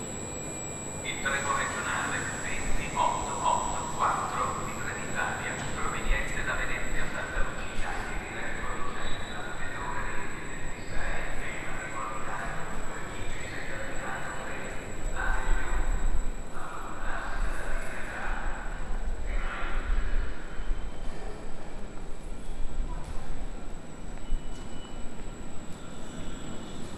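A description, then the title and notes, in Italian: A railway station concourse fills with a steady murmur of many voices talking at once, some clearer than others. A low rumble sits underneath, a thin high whine runs throughout, and the din swells slightly around the middle. Stazione Ferroviaria- "Ci Scusiamo Per Il Disagio" ("We Apologize For The Inconvenience").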